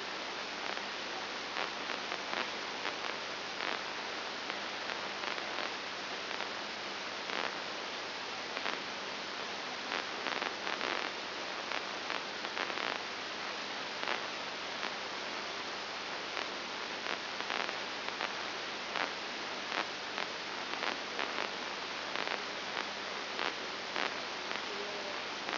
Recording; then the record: brain microelectrode recording played as sound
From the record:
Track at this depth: inside the subthalamic nucleus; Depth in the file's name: 4.901 mm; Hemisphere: left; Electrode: 2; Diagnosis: Parkinson's disease